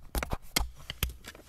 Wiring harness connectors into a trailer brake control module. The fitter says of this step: All right, plug in our 2 connectors until you hear it click.